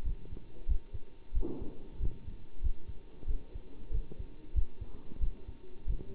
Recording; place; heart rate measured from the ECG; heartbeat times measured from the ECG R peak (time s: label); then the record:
heart sounds by stethoscope; between the tricuspid and mitral areas; 93 bpm
0.04 s: heartbeat
0.68 s: heartbeat
1.33 s: heartbeat
2.00 s: heartbeat
2.62 s: heartbeat
3.27 s: heartbeat
3.91 s: heartbeat
4.55 s: heartbeat
5.20 s: heartbeat
5.87 s: heartbeat
From the record:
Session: bicycle stress test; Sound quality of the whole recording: good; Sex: male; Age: 27 years